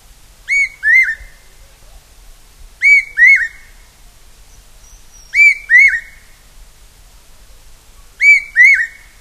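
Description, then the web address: Large hawk-cuckoo calling, a loud two-note whistled phrase repeated about every two and a half seconds. Tropical Asia. "Birdsongs Site Tropical Asia"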